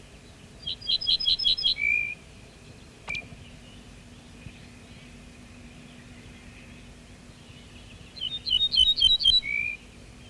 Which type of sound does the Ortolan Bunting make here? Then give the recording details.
song. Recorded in the wild. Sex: male. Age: adult. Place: Schloß Holte-Stukenbrock, Senne, Nordrhein-Westfalen, DE. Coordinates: 51.8731, 8.65944. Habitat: edge of the woods. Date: 1965. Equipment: Uher 4000 Report-S, Bändchenmikro Beyer M 260, Parabolspiegel Polyester (470 mm). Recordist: Conrads, Klaus